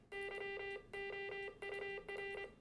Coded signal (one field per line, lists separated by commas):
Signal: Morse code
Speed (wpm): 25 wpm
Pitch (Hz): 2000 Hz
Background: music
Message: YOUR